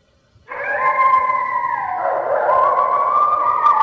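Red wolf howling, a long wavering tone that starts after half a second, holds steady, then dips and rises again, with layered overtones and faint background hiss.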